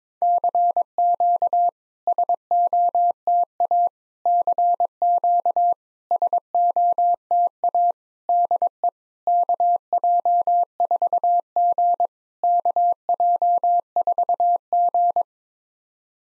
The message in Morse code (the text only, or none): CQ SOTA CQ SOTA DE KJ4G KJ4G